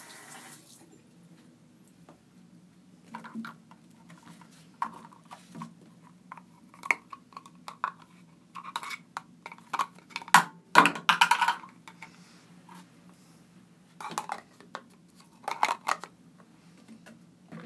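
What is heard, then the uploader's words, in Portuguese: Someone brushes their teeth. Short bursts of wet scrubbing and clicks come in irregular clusters, loudest around the middle, with quiet pauses between. A steady low hum runs underneath throughout. Asmr escovando os dentes pra dormir.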